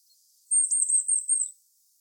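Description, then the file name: Eurasian blue tit call: a single very high, thin, slightly wavering series of quick notes lasting about a second, with no other sounds. "Cyanistes caeruleus"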